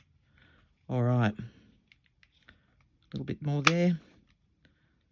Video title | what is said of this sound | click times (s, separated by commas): Cleaning your TV Remote #remote control cleaning #fixingthings | we go all snapped into place | 4.6 s